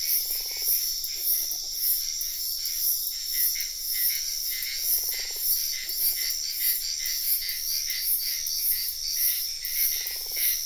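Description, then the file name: Frog giving low pulsed rattling croaks in several short bursts beneath a dense high-pitched insect chorus with steady rhythmic chirping throughout. Wetland at night in Sian Ka'an Biosphere Reserve. "felix blume nature ambience wetland night frogs insects bird heron type sian ka an biosphere reserve"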